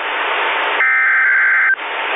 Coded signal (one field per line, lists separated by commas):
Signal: Emergency Alert System (SAME) tones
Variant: header bursts